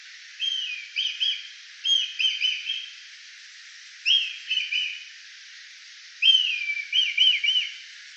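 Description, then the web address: Kite calling, a high whistled note sliding down into a quavering trill, repeated four times. "Oiseaux oiseau Milan"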